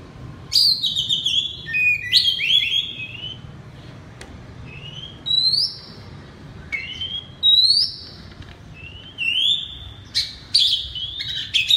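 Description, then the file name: Oriental magpie-robin delivering a varied loud song of bright whistles, some rising and drawn out, in phrases broken by short pauses. Loud 'ngeplong keras' singing style of a magpie-robin known locally as kacer. "suara kacer ngeplong keras"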